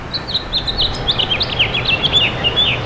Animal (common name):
House Finch